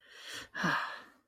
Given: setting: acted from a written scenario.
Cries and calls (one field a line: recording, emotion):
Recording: vocal sound without words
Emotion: pride